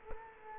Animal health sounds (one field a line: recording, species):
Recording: mosquito wingbeat signal from an infrared sensor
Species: Culex quinquefasciatus